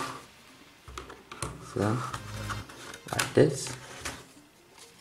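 A Teclast TPad P80h Android 5.1 tablet is handled and pressed toward the corner holders of a PU flip protective case while someone talks. Short handling knocks and rustles come around 1.0–1.4 s and 3.1–3.2 s. Nothing has seated or clicked yet; the tablet has not snapped into the case by the end.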